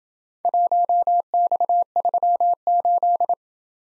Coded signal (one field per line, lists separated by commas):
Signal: Morse code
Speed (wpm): 27 wpm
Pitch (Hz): 700 Hz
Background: none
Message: 1X38